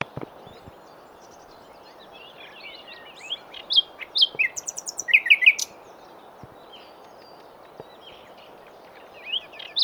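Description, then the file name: Common nightingale song: a phrase of quick, sharp repeated notes near the middle, with a few softer notes before and after over low background noise. "Luscinia megarhynchos"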